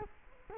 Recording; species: mosquito wingbeat signal from an infrared sensor; Culex quinquefasciatus